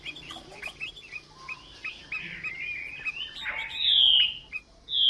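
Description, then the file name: Chinese hwamei singing soft chattering twitters, then a loud long clear whistle sliding downward, with a second whistle starting at the end. Female bird singing. "Tieng chim hoa mi mai hot"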